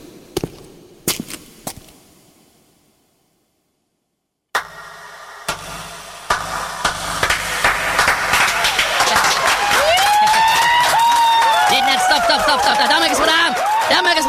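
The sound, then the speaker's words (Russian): A few sharp isolated claps ring out, then a brief silence before a crowd bursts into loud, sustained applause mixed with whooping, cheering voices that keep building. “Держите свой восторг. Сегодня я не могу дать вам времени на аплодисменты, потому что у нас нет времени.”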